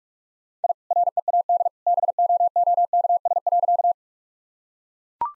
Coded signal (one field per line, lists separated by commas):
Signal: Morse code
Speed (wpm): 41 wpm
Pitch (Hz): 700 Hz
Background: none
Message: I READ BOOKS.